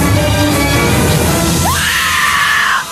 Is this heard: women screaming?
yes